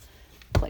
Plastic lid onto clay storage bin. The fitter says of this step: also make sure that you get this on nice and tight so that it's clicked into place okay